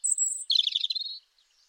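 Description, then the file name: European robin song: a very high thin whistle followed by a quick cascade of sparkling, trilled notes that fade away. "Erithacus rubecula"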